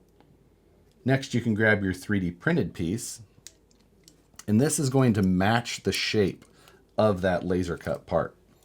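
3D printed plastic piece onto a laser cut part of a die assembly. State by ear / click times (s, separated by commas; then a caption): not seated / none. A 3D printed plastic piece, shaped to match a laser cut part of a die assembly, is picked up and handled while someone talks. Over the speech there are a few faint taps and one short sharp tick near 3.5 s. Nothing has seated or clicked yet: the piece is not yet snapped onto the laser cut part when the clip ends.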